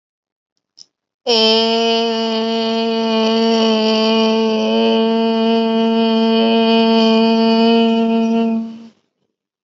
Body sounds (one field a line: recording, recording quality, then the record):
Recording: sustained vowel as in made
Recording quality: excellent, no background noise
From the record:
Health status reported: healthy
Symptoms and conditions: none ticked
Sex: female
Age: 27 years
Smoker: not ticked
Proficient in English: yes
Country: India